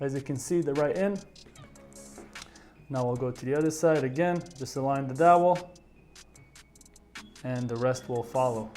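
An ear cushion is lined up by its dowel with the slot on the second earcup of a Blackshark V2 / V2 Pro (pre-2023 version) headset before its hooks are pressed home, while someone talks. Faint handling taps and rustles are heard between the speech. Nothing has seated or clicked yet.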